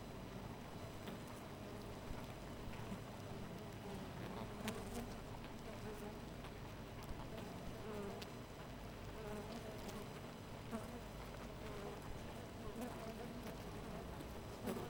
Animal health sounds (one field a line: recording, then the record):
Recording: honeybee colony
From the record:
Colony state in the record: missing queen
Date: 14 July 2017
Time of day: 4:51